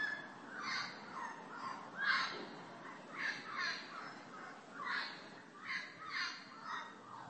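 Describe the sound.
Bird giving harsh, hoarse caws, repeated roughly every half second to second in uneven bursts, over a low background hiss.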